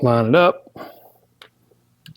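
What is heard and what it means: A Carpuride W702B display unit is lined up with the navigation cradle on a BMW R1250 GS / Adventure motorcycle and pushed down into it while someone talks briefly. A sharp click at 1.4 s marks the unit snapping into the cradle, followed by a couple of faint ticks around 2.1 s. The display is seated.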